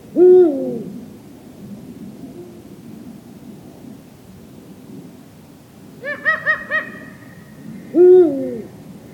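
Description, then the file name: Eurasian eagle-owl gives two deep hoots about eight seconds apart, with a short burst of several higher notes between them. "Eurasian Eagle Owl Bubo bubo"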